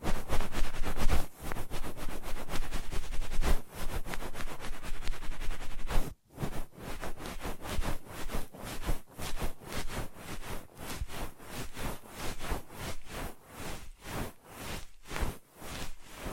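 Ear massage sounds: dense rubbing and rustling fills the first six seconds, loud and constant. After a brief break near six seconds, the strokes become separate rhythmic swipes, about one per second, softer and regular, with short gaps between.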